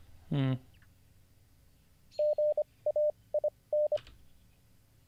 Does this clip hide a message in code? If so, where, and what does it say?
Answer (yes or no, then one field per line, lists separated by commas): yes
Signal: Morse code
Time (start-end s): 2.2-4.0 s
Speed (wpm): 26 wpm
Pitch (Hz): 600 Hz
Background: speech, radio noise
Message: GAIN